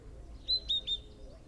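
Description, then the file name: Great tit calling a brief run of three high, ringing notes, the first slightly higher, over faint low background noise. "Parus major"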